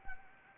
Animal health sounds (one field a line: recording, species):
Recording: mosquito wingbeat signal from an infrared sensor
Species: Anopheles arabiensis